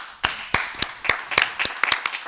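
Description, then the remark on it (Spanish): Brief applause in a studio from just a few people: about ten sharp, crisp claps in an uneven rhythm over two seconds, with no voices. “Yo creo que se merece un aplauso totalmente así, pero”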